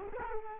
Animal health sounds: mosquito wingbeat signal from an infrared sensor; Culex quinquefasciatus

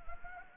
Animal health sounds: mosquito wingbeat signal from an infrared sensor; Anopheles gambiae

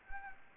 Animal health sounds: mosquito wingbeat signal from an infrared sensor; Anopheles gambiae

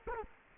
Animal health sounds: mosquito wingbeat signal from an infrared sensor; Culex quinquefasciatus

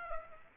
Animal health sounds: mosquito wingbeat signal from an infrared sensor; Aedes aegypti

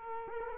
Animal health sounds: mosquito wingbeat signal from an infrared sensor; Culex quinquefasciatus

